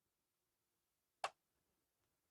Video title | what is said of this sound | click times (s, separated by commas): 15년차 현직 컴퓨터실장이 알려드립니다!! ,컴퓨터 화면안나옴, 모니터 화면안나옴, 화면 안나옴, 컴퓨터 화면 안나올때, 모니터 화면 안나올때, 컴퓨터 화면무증상이면 꼭 보세요!! | 딸깍딸깍 소리가 나거든요 이 꼭 한번 눌러주시고 | 1.2 s